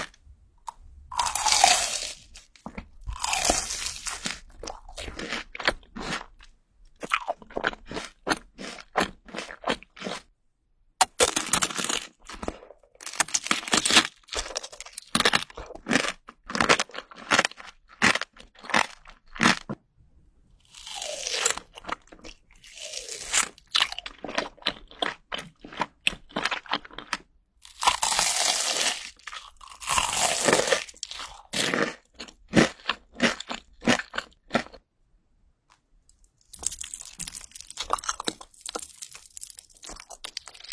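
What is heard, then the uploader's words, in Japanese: Chewing sounds, crisp and crunchy, come in dense bursts of rapid bites separated by brief pauses, with a few longer silences around 10, 20 and 35 seconds. Louder crackling crunches stand out near 3, 12, 22 and 28 seconds against a quiet background. 咀嚼音（合集）。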